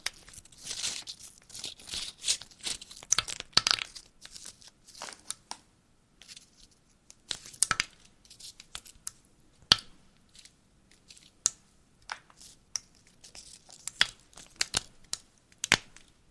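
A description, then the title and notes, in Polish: A "wooden soup" of dry crackling and sharp clicks, dense rustling for the first four seconds, then sparser scattered snaps through the end. Drewniana zupa IDEALNE NA SEN ASMR po polsku!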